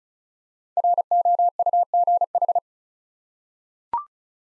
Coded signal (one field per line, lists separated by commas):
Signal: Morse code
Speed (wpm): 36 wpm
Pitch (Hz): 700 Hz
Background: none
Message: ROUGH